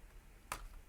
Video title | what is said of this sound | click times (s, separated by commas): DJI Mini 5 Pro - Unboxing, Setup, Comparison & Overview | okay, yeah, I wish it doesn't really make a click when it's locking, unlike when you unlock | 0.5 s